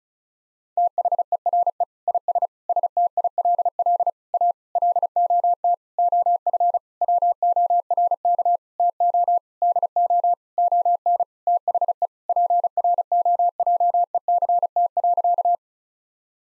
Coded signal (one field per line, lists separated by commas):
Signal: Morse code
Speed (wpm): 36 wpm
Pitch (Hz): 700 Hz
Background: none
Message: THERE IS STILL A LOT OF WORK TO DO ON THE PROJECT.